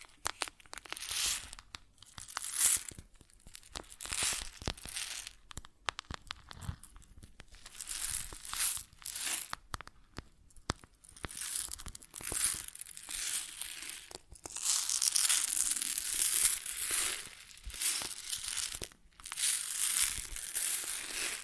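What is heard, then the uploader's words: Grain shifts and pours in rough, crinkly bursts, a dense granular rustle that surges and falls every second or two. Bright crunching grit dominates, with brief sharp drops to near silence between pushes, and the later stretch grows louder and more continuous. ASMR Grain Sounds (No Talking).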